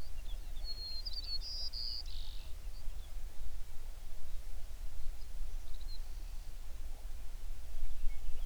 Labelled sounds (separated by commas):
songbird